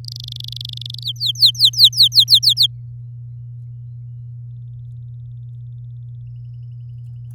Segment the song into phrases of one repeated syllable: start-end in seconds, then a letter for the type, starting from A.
0.04-1.03 A, 1.04-2.67 B